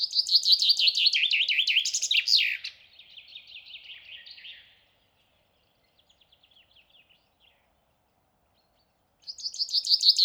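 Common chaffinch song: a bright, rapid trill of repeated notes falling in pitch and ending in a flourish, a quieter phrase after it, faint notes, then another song beginning.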